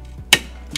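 The lower coolant hose clip of a CSF cooling kit on a BMW M340i is pressed onto the auxiliary radiator fitting and snaps in with a sharp click at 0.3 s, followed by a quieter tick at 0.8 s over a low steady hum. The hose connection is seated.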